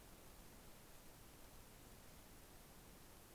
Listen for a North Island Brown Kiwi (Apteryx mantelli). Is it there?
no